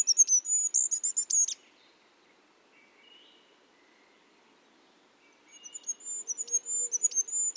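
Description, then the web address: Bird giving a quick high twittering phrase, then near silence, then another run of thin, rapid, high notes building up again. "cianscape. Deverinetal 2025. Bird Only"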